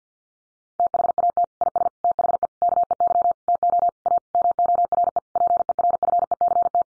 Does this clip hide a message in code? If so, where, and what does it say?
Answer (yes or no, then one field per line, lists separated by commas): yes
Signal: Morse code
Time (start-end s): 0.8-6.8 s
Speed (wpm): 50 wpm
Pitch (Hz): 700 Hz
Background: none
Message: THAT IS THE KEY TO A MORE PERFECT